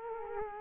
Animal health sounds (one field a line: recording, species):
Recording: mosquito wingbeat signal from an infrared sensor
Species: Culex quinquefasciatus